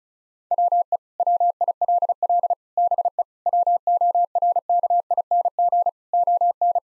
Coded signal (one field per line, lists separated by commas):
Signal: Morse code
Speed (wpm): 36 wpm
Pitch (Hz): 700 Hz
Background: none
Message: WE WILL BE WORKING ON